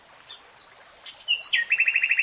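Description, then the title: Nightingale song: a few soft thin notes, a couple of louder notes, then a quick series of repeated chirps at the end. Singing, real-time recording. "[Tiếng chim hót] 3 Hours REALTIME Nightingale Singing"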